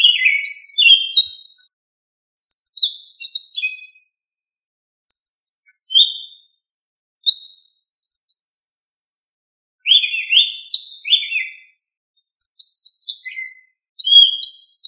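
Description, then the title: Thrush singing bursts of high, twittering and sliding notes, the phrases changing from one to the next and coming roughly every two and a half seconds. "Familia Turdidae - Sabia"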